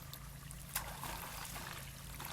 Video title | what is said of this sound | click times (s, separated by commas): How to backwash an Oase filtoclear 12, 16, 20 & 30,000 filter | you can feel and hear a slight click when it's in the correct position now water is discharging out | 0.8 s